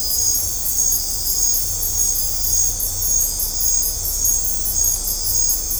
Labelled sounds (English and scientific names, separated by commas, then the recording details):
none
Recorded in dense forest near Puerto Asís, Putumayo, Colombia, on 18 December 2024 at 20:30
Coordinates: 0.503, -76.323
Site G043